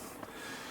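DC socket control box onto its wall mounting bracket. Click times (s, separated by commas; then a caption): 0.2 s. A LiPower DC socket control box is hooked into a slot at the back of its wall mounting bracket on a cabinet and lowered into place. A single short, quiet click at 0.2 seconds rises briefly above a steady background hiss. The box is seated and fitted on the bracket.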